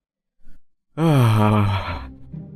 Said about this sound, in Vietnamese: Tôi vừa ngáp vừa lấy tay lên đập đập vào miệng để gợi nhớ lại cái tuổi thơ,